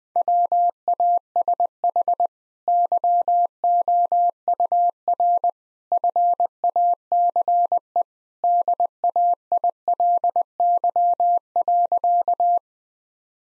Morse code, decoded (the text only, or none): WASH YOUR FACE DAILY.